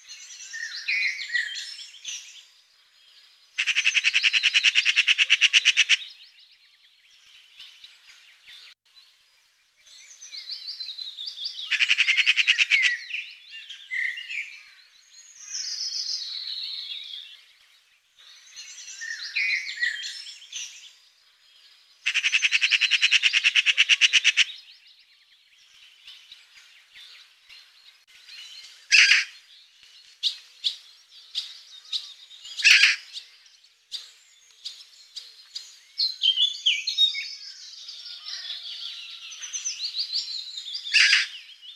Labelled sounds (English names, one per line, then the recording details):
Eurasian Magpie song
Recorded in the wild
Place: Flögelner See, Schleswig-Holstein, DE
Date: 2000-06-18
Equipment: MiniDisc Sharp MT 20 H
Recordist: Schwarz, Dieter